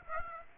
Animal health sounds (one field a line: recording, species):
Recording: mosquito wingbeat signal from an infrared sensor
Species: Aedes aegypti